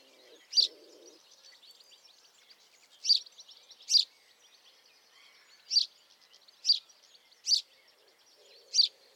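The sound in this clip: House sparrow calls: sharp, high chirps given singly at irregular intervals, about seven in all, with faint low rustling between them.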